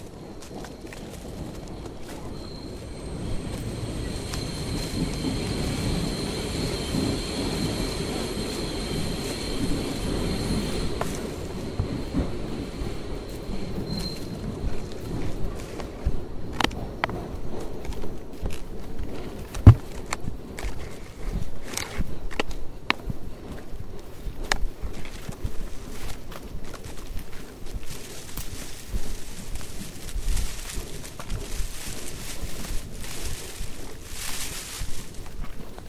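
A hike through the Tambopata rainforest in Peru. For the first twelve seconds a steady high buzzing of insects holds over a low rumble, then scattered snaps and crunches of footsteps take over. From about twenty-seven seconds a bright hissing chorus rises.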